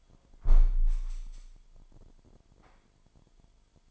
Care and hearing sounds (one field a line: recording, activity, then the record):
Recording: daily activity, microphone in the room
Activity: close window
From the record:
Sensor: 5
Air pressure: 998.1 hPa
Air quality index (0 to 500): 98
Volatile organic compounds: 2 ppm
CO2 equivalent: 1118 ppm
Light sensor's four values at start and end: 27/65/27/29 and 27/65/27/29